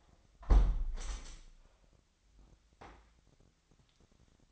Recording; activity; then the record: daily activity, microphone in the room; close window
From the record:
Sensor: 3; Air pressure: 998.0 hPa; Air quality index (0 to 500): 132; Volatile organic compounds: 4 ppm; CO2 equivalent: 1570 ppm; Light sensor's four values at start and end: 14/42/17/15 and 14/42/17/15